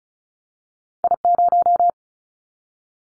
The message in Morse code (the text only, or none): I0